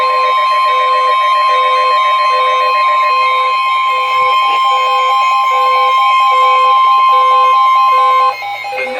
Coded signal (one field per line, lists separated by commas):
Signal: Emergency Alert System (SAME) tones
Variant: 1050 Hz attention tone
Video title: One final push for the Summer. || EAS Alerts from August 30-31, 2024 (EAS #3,031-3,060)